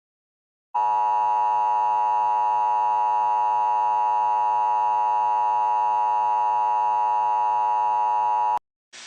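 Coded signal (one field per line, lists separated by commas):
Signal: Emergency Alert System (SAME) tones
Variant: 853 and 960 Hz attention tone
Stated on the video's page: Fictional EAS scenario with valid-sounding EAS tones and alarms for a tornado event in Iowa.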